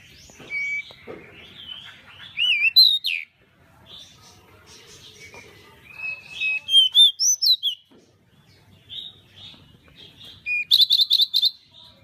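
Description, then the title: Pied bushchat singing scattered phrases of thin wavering whistles and twittering notes, ending with a loud buzzy rattle, separated by brief quiet gaps. "MASTERAN BURUNG DECU"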